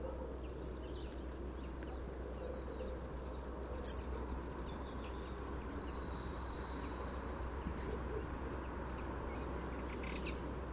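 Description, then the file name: European robin calls, two crisp high ticks about four seconds apart, a soft thin whistle in between, over a constant low rumble. "Erithacus rubecula"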